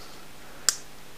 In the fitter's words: till you get a click